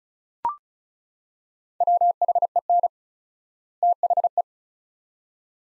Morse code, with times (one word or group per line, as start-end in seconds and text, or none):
1.8-2.9 WHEN
3.8-4.4 THE